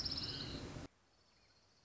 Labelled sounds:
Orange-crowned Warbler (Leiothlypis celata)
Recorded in Sonoma County, California

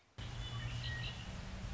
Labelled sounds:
Red-winged Blackbird (Agelaius phoeniceus)
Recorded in Sonoma County, California

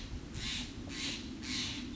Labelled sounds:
Steller's Jay (Cyanocitta stelleri)
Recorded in Sonoma County, California

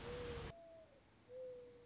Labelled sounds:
Mourning Dove (Zenaida macroura)
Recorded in Sonoma County, California

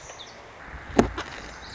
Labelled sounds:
Lazuli Bunting (Passerina amoena)
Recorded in Sonoma County, California

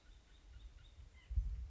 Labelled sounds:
White-breasted Nuthatch (Sitta carolinensis)
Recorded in Sonoma County, California

